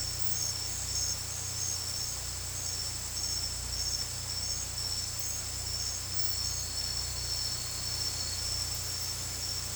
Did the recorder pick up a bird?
no